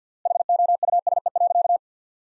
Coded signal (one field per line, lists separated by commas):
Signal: Morse code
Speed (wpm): 50 wpm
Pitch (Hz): 700 Hz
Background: none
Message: HOUSE.